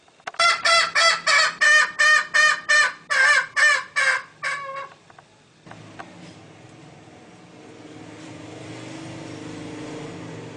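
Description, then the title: Green junglefowl hen uttering about a dozen nasal clucking notes over four seconds, fading out, after which a low rumbling background noise builds. Female. "Suara Ayam Hutan Betina. suara ayam hutan hijau"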